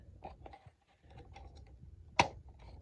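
Plastic retaining clips on the front cover of an Infiniti G35 instrument cluster housing are pried up with a flathead screwdriver during a gas gauge circuit board repair. Faint small ticks and scrapes are heard before one loud, sharp snap at 2.2 s. The cover clip pops open and the cover comes free.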